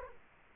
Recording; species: mosquito wingbeat signal from an infrared sensor; Culex quinquefasciatus